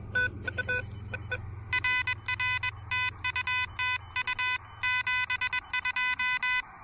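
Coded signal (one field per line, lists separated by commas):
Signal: Morse code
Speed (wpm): 21 wpm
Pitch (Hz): 2000 Hz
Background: none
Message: RR TU TU 72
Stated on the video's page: Morse from a pedestrian mobile POTA park activation with an Elecraft KH1.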